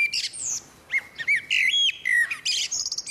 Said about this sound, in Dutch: Laten we nog even naar een doodgewone merel luisteren.